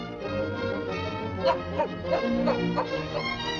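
A puppy barks about five times in a quick, uneven series of short yaps over a steady bed of sustained music, each bark a brief sharp burst standing out above the tones.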